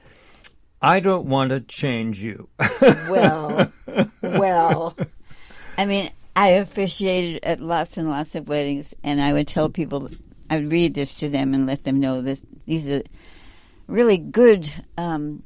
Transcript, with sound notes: I Don't Want to Change You. (laughs)
Well, well, I mean, I officiated at lots and lots of weddings, and I would tell people, I would read this to them and let them know that these are really good,